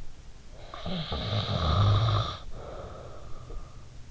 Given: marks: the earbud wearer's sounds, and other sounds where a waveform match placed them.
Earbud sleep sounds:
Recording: sounds in sleep by an in-ear microphone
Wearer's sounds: snoring breath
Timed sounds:
0.49-3.95 s: snoring breath

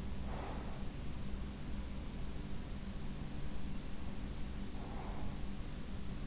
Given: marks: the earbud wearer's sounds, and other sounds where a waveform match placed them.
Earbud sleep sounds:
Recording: sounds in sleep by an in-ear microphone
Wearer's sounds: breath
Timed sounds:
0.00-1.02 s: breath
4.65-5.51 s: breath

